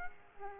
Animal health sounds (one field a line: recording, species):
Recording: mosquito wingbeat signal from an infrared sensor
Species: Aedes aegypti